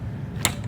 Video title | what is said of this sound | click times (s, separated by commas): 2026 Kato HO H5 Hayabusa Shinkansen Test Drive + Overview | All you do to couple the train is just line up your car, wait for the click, and you've got virtually no slack. | 0.4 s